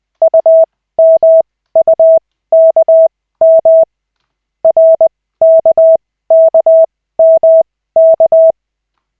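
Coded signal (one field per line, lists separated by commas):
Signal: Morse code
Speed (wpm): 20 wpm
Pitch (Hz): 650 Hz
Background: none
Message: UMUKM RKKMK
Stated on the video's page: Koch method Morse practice session with two characters at a time, using LCWO lessons.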